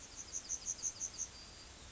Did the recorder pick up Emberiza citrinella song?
yes